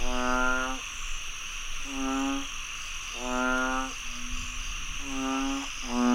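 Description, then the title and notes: Frog croaks, nasal harmonic calls under a second long repeated at irregular intervals, with a steady high insect drone in the background. Frogs croaking after heavy rainfall in Chiang Mai, Thailand. "Frogs croaking after heavy rainfall in Chiang Mai, Thailand. Alex Boyesen"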